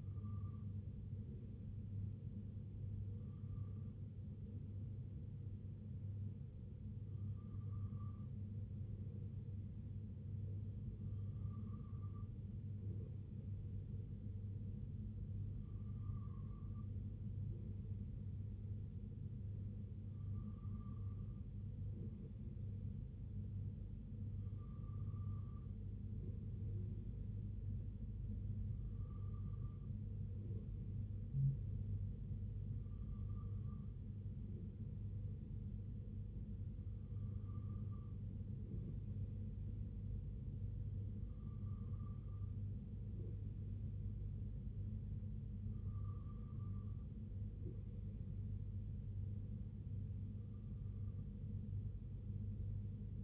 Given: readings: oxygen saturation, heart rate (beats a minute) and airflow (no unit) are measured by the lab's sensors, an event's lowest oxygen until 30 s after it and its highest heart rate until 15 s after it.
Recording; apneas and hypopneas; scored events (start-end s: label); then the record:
breathing in sleep by a smartphone at the bedside; none
none scored
From the record:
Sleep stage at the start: N3 (deep sleep); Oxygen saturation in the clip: 94 to 95%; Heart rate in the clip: 61 to 66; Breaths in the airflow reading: 14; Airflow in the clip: -3.4 to 2.2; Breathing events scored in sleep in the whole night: 258 in 7.4 hours asleep